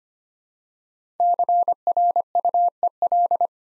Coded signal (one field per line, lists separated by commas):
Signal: Morse code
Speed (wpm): 25 wpm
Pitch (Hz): 700 Hz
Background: none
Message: CRUEL